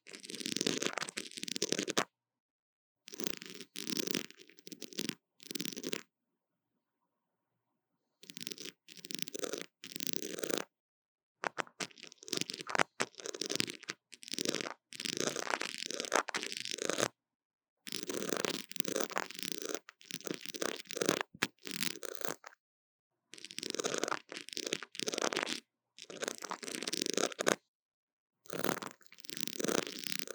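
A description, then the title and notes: Rapid scratching and tapping on a tiny microphone comes in dense bursts of one to three seconds, separated by short silent gaps. The rubbing sounds are rough and full, spanning low thuds to bright hiss, with a faint steady tone underneath. 刺痛觸發迷你麥克風. Tingles With Mini Mic Tapping & Scratching | Lo-fi | No Talking.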